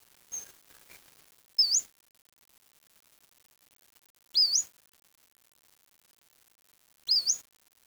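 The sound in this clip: Bird song: a short, very high, wavering rising whistle repeated three times at even intervals, preceded by faint thin notes; otherwise quiet.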